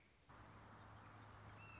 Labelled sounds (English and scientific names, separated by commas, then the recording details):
Red-shouldered Hawk (Buteo lineatus)
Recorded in Sonoma County, California